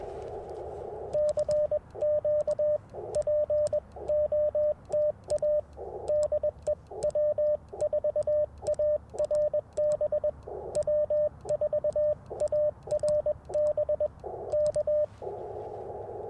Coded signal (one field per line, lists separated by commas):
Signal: Morse code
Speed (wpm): 20 wpm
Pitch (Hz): 600 Hz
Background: radio noise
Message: CQ POTA DE W4ARB W4ARB K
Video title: Morning Morse Code - 1/10/24